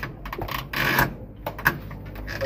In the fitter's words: Okay, so nakalock na yan.